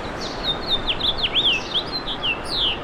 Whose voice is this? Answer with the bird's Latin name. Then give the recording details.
Haemorhous mexicanus. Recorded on Long Island, New York, on 24 April 2012. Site AS. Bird A